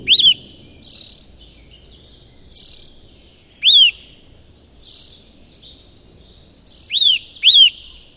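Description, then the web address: Eurasian nuthatch calls: loud, sharp, down-curving whistled notes given singly or in a quick pair, with short, very high buzzy bursts between them. "agykontroll Madardalok Cd 1. Csuszka"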